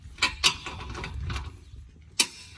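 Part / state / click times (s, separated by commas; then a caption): torque wrench tightening a bolt on a travel-trailer hitch / torque reached / 2.2 s. A torque wrench set to 45 foot-pounds tightens a bolt on the hitch bar of a travel trailer, with a couple of sharp ticks and low rumbling as it turns. At 2.2 s the wrench releases with a crisp snap, meaning the bolt has reached its setting and is good.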